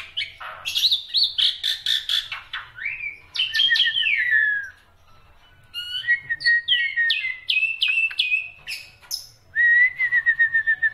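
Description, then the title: Black-winged myna song, a dense run of varied whistles, chattering notes and harsh squawks, ending in a steady level whistled note. Described as a dense, lively song with many variations, used as a master recording for training songbirds. "Kicauan Rapat Jalak Putih Gacor Banyak Variasi Untuk Masteran"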